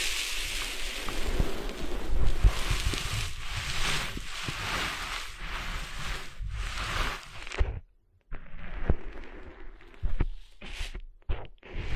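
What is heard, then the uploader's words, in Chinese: Sand on a beach rustles and hisses in dense, pulsing swishes for the first seven and a half seconds. After a brief silence near eight seconds, the scraping returns thinner and patchier, broken by short crisp bursts and another near-pause toward the end. 沙沙沙…沙滩的沙沙声。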